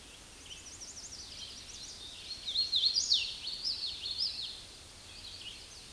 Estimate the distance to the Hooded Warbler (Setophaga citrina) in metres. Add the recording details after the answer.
about 5 m. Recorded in a Pennsylvania forest on 18 May 2023 at 09:22. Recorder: AudioMoth, point grid1_12_low. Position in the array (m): 178 m, 107 m